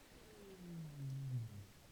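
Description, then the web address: Rorqual call: a low moaning downsweep with faint upper harmonics, sliding from mid to low pitch, over a low background rumble. Recorded in Norway. "pub college France rorqual Norvege Valab Fr-20221223 034405"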